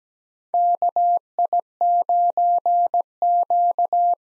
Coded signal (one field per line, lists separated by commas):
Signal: Morse code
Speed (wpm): 17 wpm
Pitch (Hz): 700 Hz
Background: none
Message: KI9Q